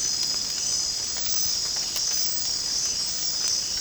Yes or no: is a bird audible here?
no